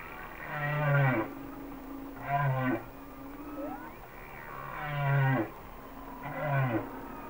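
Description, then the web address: Humpback whale song with four strong moaning units over low rumbling tones, joined by faint upswept whoops between them. "Whale Songs Sounds of Nature - Humpback Whales"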